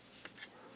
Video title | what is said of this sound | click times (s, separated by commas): Threezero Berserk Skull Knight toy review | So they use it on the cape, but not on the head, which is weird, but you can hear it snap. | 0.2 s, 0.4 s